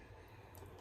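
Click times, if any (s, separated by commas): none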